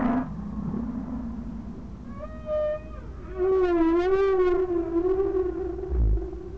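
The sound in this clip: Whale calls: a brief steady tone, then a long wavering moan rich in harmonics that rises and dips slightly, with low rumbling underneath.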